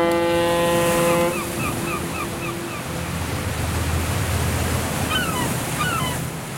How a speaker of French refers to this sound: Deux mois plus tard, dans la soirée du vendredi 27 février, la corne de brume d'un navire de croisière retentit dans le port de la Havane. Le MS Berlin, paquebot de 150 mètres de long, battant pavillon ouest allemand, entre dans la rade.